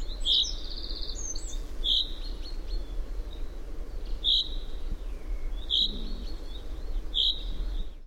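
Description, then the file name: Common chaffinch giving five sharp, clipped call notes spaced about one and a half to two and a half seconds apart, over soft background bird chatter and constant low-pitched noise. "Fringilla coelebs"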